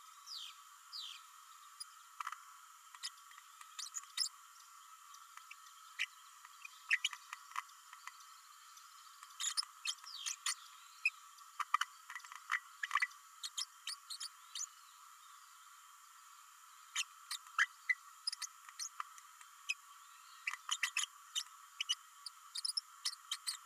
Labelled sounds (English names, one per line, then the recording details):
Green-rumped Parrotlet babbling
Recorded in a nest box in Venezuela
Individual 18B104A3